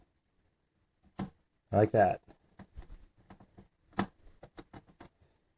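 A motherboard screw is turned backwards in a case standoff until its thread start drops into the standoff's thread with a small click at 1.2 s, showing the threads are lined up so the screw won't strip. Someone talks, and several more small clicks and taps follow.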